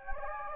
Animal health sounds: mosquito wingbeat signal from an infrared sensor; Anopheles gambiae

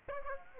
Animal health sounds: mosquito wingbeat signal from an infrared sensor; Aedes aegypti

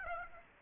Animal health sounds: mosquito wingbeat signal from an infrared sensor; Aedes aegypti

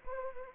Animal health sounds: mosquito wingbeat signal from an infrared sensor; Anopheles arabiensis

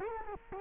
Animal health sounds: mosquito wingbeat signal from an infrared sensor; Culex quinquefasciatus

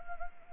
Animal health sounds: mosquito wingbeat signal from an infrared sensor; Anopheles arabiensis

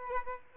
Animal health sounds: mosquito wingbeat signal from an infrared sensor; Aedes albopictus

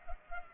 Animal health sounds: mosquito wingbeat signal from an infrared sensor; Culex pipiens

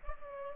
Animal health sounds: mosquito wingbeat signal from an infrared sensor; Culex pipiens

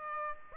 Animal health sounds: mosquito wingbeat signal from an infrared sensor; Aedes aegypti

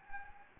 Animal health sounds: mosquito wingbeat signal from an infrared sensor; Anopheles gambiae

